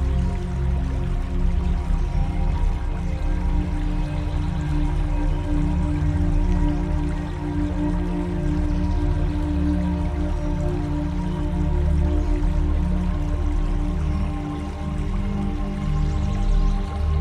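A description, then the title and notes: Water flows smoothly and steadily throughout, with a deep, even rumble and a faint bright hiss above, barely changing from start to finish. Smooth water flow with Nature Sounds.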